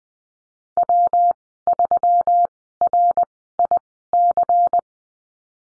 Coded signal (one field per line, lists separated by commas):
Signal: Morse code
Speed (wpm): 20 wpm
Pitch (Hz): 700 Hz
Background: none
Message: W3RIC